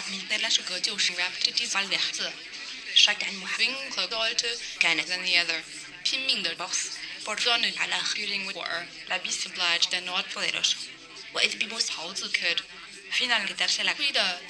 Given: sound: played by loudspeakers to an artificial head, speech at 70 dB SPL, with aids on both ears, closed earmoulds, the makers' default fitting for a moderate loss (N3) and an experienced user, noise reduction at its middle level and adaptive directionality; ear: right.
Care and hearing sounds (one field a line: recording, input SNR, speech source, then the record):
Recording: speech test signal (ISTS) in cocktail-party noise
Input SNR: +6 dB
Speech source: in front (0 degrees)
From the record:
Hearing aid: class 1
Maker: B